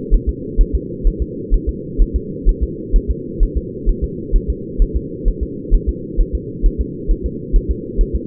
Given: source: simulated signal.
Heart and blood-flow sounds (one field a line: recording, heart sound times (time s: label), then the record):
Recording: fetal heart sounds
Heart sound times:
0.14 s: S1
0.29 s: S2
0.61 s: S1
0.75 s: S2
1.07 s: S1
1.22 s: S2
1.54 s: S1
1.69 s: S2
2.02 s: S1
2.16 s: S2
2.49 s: S1
2.63 s: S2
2.96 s: S1
3.11 s: S2
3.43 s: S1
3.57 s: S2
3.89 s: S1
4.04 s: S2
4.36 s: S1
4.50 s: S2
4.82 s: S1
4.96 s: S2
5.28 s: S1
5.43 s: S2
5.75 s: S1
5.89 s: S2
6.20 s: S1
6.35 s: S2
6.66 s: S1
6.81 s: S2
7.11 s: S1
7.26 s: S2
7.56 s: S1
7.71 s: S2
8.01 s: S1
8.16 s: S2
From the record:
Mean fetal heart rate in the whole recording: 130 bpm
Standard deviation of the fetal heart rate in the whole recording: 2 bpm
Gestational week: 38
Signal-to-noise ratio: -4.1 dB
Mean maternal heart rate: no maternal heart sound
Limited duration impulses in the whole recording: absent